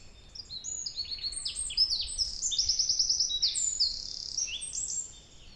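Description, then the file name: Eurasian wren song, a rapid stream of high, sharp notes and fast rattling trills that builds, peaks midway, then eases off. "Troglodytes troglodytes"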